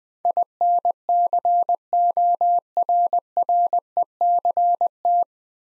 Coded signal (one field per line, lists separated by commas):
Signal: Morse code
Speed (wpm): 20 wpm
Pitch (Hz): 700 Hz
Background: none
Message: INCORRECT